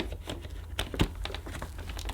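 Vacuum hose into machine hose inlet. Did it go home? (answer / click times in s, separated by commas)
no / none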